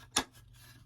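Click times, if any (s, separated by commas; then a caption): 0.2 s. A frozen roller head from a LATME ice roller for face and eyes is slid back onto its handle along the small indentations. It pops into place with a single sharp, bright click at 0.2 s. The head is seated on the handle.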